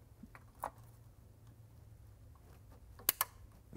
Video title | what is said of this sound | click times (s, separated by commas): Audi B8/B8.5 S4 - 3.0T - Water pump and Thermostat Replacement DIY(S4, S5, SQ5, and More!) | There you go, two clicks. | 3.1 s, 3.2 s